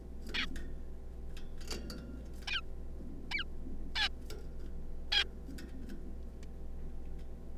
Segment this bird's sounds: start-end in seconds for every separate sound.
0.34-0.46, 2.48-2.61, 3.31-3.44, 3.96-4.08, 5.12-5.24